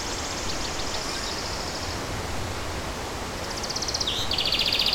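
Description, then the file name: Bird song: a faint high trill early, then high repeated notes, a quick drop and a loud rapid trill at the end, over constant hiss-like background noise. Forest ambience. "Forest Ambient With A Birdsong"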